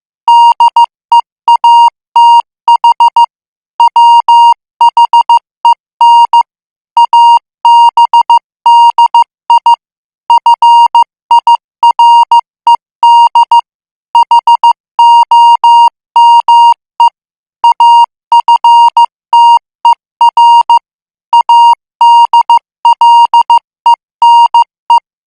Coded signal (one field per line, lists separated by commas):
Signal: Morse code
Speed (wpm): 15 wpm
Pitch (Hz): 940 Hz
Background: music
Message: DEATH WHEN ABDI FIRED HOME AFTER ADLENE